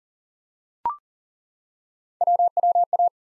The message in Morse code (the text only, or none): WWA